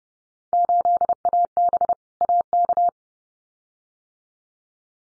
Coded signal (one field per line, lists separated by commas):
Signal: Morse code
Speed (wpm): 30 wpm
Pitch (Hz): 700 Hz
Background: none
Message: 8AB AK